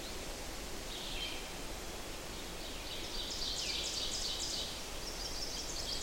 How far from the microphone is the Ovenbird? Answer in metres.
about 60 m